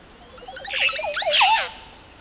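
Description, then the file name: Montezuma oropendola delivering a loud, bubbling, liquid song of cascading gurgles swelling to a climax, with faint insect buzz in the background. "Montezuma Oropendola (Psarocolius montezuma)"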